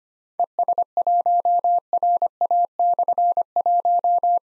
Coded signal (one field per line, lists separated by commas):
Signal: Morse code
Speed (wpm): 25 wpm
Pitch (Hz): 700 Hz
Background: none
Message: ES1RA/1